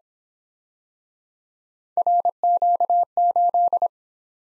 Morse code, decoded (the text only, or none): RQ8